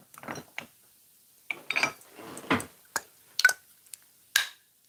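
A cap is fitted back onto the neck of a Biarritz cologne bottle to check whether it snaps into place. After several light handling rattles and sharp clicks around 1.7 s and 3.4 s, a crisp click at 4.4 s marks the cap snapping into place, confirming that it seats.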